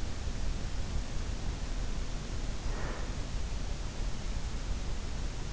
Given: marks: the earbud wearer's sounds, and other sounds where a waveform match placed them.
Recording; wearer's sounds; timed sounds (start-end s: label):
sounds in sleep by an in-ear microphone; breath
2.28-3.38 s: breath